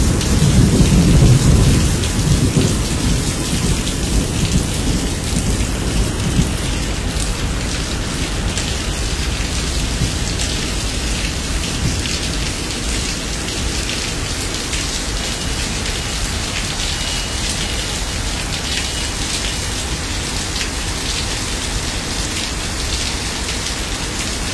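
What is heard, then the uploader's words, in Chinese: Steady rain falls in a city, heard from a balcony, with dense pattering spread across the whole sound. A heavy low rumble opens the first few seconds, likely distant thunder or a passing vehicle, then fades as the rain continues evenly. 雨声，城市，阳台，响雷，车响。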